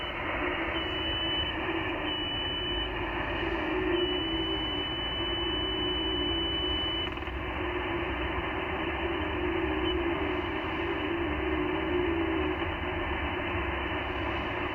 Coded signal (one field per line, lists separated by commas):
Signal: FT8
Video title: E6AF, Niue Is., Pacific Ocean, OC-040, 7MHz, FT8, Worked by HL2WA